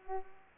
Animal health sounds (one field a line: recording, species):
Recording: mosquito wingbeat signal from an infrared sensor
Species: Culex pipiens